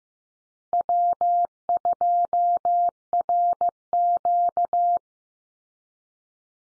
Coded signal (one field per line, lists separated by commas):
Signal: Morse code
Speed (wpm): 15 wpm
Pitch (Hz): 700 Hz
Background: none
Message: W2RQ